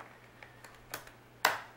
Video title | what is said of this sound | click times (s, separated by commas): How To Assemble A Fisher Price Infant to Toddler Rocker with Lisa's World | Push it in until it locks into place. | 1.5 s